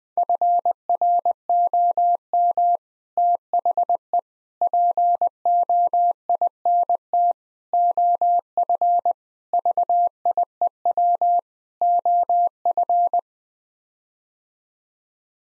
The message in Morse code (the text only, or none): FROM THE POINT OF VIEW OF